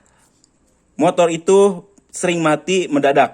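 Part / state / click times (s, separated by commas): sensor wiring connector into motorcycle sensor / not seated / none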